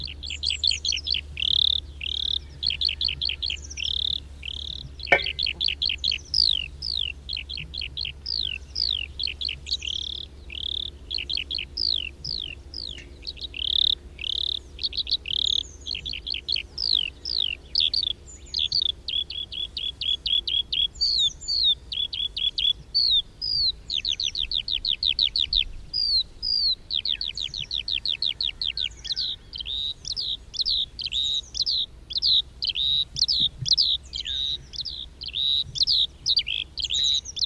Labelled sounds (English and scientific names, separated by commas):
Eurasian Skylark (Alauda arvensis) flight song